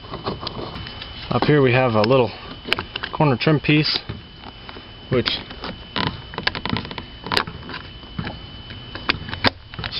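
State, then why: Seated. Someone talks while a small plastic corner trim piece is pressed onto the door of a 2002 Toyota Camry during a door latch replacement, with scattered light clicks and handling noises. The trim piece snaps into place with a sharp click at 9.1 s, seated.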